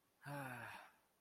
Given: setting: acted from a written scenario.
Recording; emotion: vocal sound without words; contentment